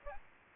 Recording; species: mosquito wingbeat signal from an infrared sensor; Aedes albopictus